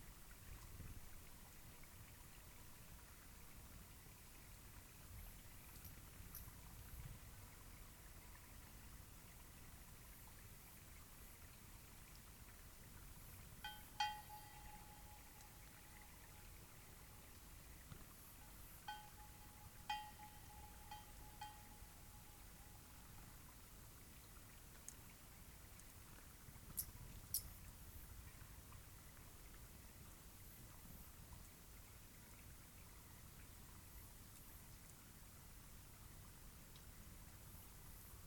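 A cloudy night beside Taylor Lake holds a steady soft hiss, broken by thin whistles around 14 and 20 seconds and faint clicks near 27.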